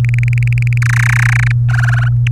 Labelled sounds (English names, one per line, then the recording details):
Domestic Canary song
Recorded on 24 April 2018 at 17:25
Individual llb3